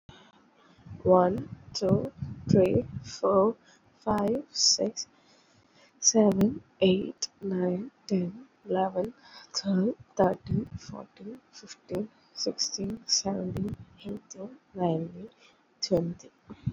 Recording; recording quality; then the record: counting at a normal pace; excellent, no background noise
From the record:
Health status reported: COVID-19 positive, mild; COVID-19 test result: positive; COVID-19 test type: RT-PCR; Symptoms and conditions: cough, cold, breathing difficulty, sore throat, fever, fatigue, muscle pain, loss of smell and taste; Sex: female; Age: 20 years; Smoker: no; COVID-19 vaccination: both doses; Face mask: not worn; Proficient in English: yes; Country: India